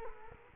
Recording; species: mosquito wingbeat signal from an infrared sensor; Culex quinquefasciatus